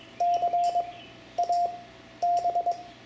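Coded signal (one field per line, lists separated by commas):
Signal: Morse code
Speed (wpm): 22 wpm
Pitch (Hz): 700 Hz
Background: none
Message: CAB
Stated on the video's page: Morse code lesson for ham radio teaching letters A-D.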